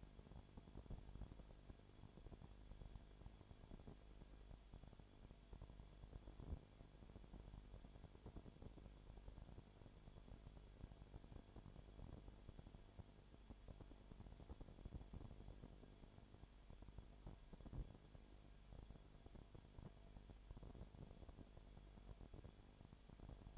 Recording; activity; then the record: daily activity, microphone in the room; no activity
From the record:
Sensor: 5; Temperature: 19.9 degrees Celsius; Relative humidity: 37.1%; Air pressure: 1007.4 hPa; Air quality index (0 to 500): 84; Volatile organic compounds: 1 ppm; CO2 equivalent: 962 ppm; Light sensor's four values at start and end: 2/3/1/1 and 2/3/1/1